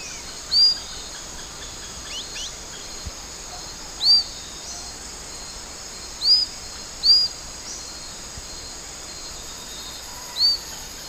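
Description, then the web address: White-browed purpletuft calls: thin, high, arched whistled notes given singly at irregular gaps over a steady hiss. A pair calling in the Eastern Lowlands of South America. "Natures Songs S America Eastern Lowlands. Iodopleura isabellae, calls pair"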